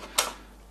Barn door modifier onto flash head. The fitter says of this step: just slots on clips into place nice and secure that's not going to come off in